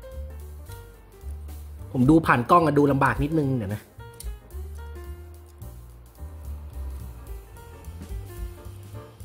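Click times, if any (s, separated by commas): none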